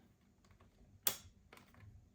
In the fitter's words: Clicks into place.